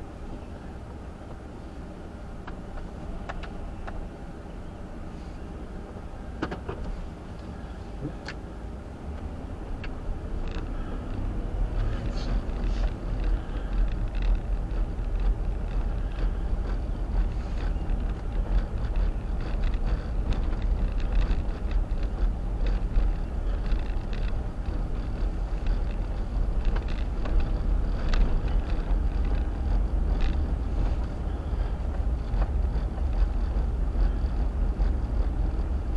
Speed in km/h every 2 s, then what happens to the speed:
0, 0, 0, 0, 0, 16, 18, 18, 18, 19, 18, 16, 18, 18, 21, 23, 21, 23.
0-8 standing. 8-11 pulls away to 18. 11-23 steady at about 18. 23-29 speeds up to 23. 29-36 steady at about 23.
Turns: none.